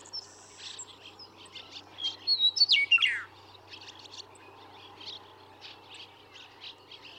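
Western meadowlark song: clear whistled notes sliding into a quick, tumbling gurgle near the middle, followed by soft chirping of other birds and a low steady hum.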